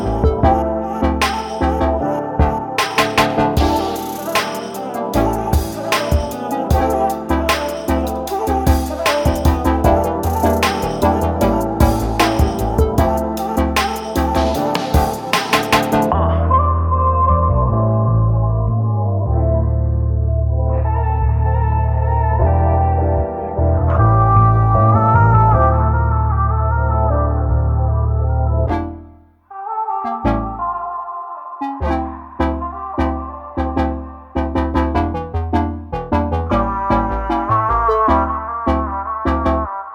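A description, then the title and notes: Arcade game music plays throughout, a busy electronic tune with a steady pounding beat and bright, clicky notes for the first fifteen seconds. It then drops to a sustained low drone with buzzy melody, falls silent briefly near twenty-nine seconds, and returns with a choppy, pulsing pattern. Night At The Arcade.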